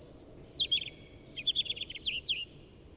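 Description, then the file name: European robin song: a few thin high whistles, then a quick run of clipped, tinkling notes repeated in a rippling trill, ending abruptly. "Erithacus rubecula"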